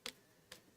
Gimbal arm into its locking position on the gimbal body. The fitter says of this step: because this here will lock into place so if i